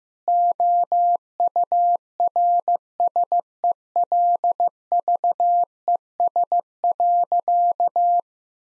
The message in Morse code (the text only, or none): OURSELVES.